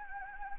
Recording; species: mosquito wingbeat signal from an infrared sensor; Anopheles gambiae